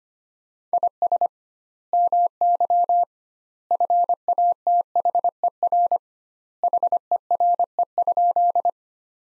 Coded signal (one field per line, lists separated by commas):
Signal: Morse code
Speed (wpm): 25 wpm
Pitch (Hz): 700 Hz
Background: none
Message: IS MY FATHER HERE?